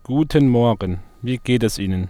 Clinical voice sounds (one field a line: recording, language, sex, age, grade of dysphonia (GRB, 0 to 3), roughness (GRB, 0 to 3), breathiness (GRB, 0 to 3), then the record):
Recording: spoken sentence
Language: German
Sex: male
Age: 20 to 29 years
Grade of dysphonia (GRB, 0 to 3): 0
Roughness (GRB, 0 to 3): 0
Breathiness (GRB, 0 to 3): 0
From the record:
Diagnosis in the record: healthy voice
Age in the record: 28 years